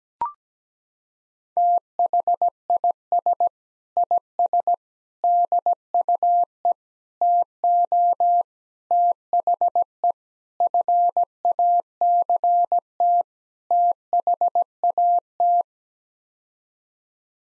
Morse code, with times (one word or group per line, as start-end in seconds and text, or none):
1.6-3.5 THIS
4.0-4.7 IS
5.2-6.7 DUE
7.2-8.4 TO
8.9-10.1 THE
10.6-13.2 FACT
13.7-15.6 THAT